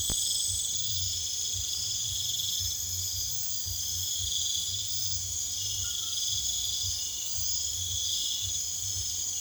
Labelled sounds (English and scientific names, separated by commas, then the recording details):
none
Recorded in secondary vegetation near Puerto Asís, Putumayo, Colombia, on 29 June 2025
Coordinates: 0.488, -76.319
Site G094